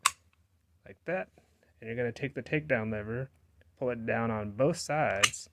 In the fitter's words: then you want to grab it just barely until you hear the click like